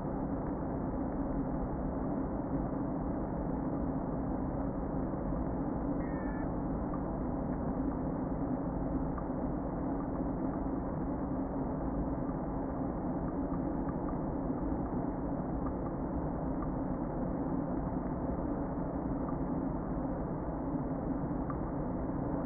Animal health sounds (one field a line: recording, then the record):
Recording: honeybee colony, microphone inside the hive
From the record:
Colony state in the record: queen present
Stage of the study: before two queens were removed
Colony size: about 60,000 bees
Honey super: yes